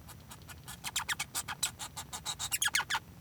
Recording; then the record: song of a male Bengalese finch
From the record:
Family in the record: son of father 1